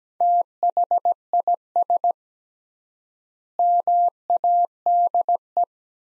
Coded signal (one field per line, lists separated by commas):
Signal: Morse code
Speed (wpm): 17 wpm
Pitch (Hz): 700 Hz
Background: none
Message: THIS MADE